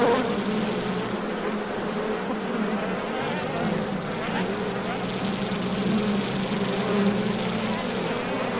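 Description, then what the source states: Bees buzzing: a dense, steady, low hum from a mass of insects, unbroken throughout, with a constant drone band and no pauses. Beehive, heavy buzzing, close perspective.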